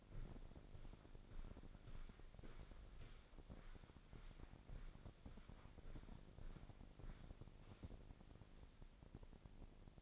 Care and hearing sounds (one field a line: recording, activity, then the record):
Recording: daily activity, microphone in the room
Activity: walk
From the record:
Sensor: 5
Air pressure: 1009.4 hPa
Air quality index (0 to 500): 142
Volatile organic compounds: 2 ppm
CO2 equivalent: 1104 ppm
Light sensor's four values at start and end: 315/743/321/359 and 314/741/320/357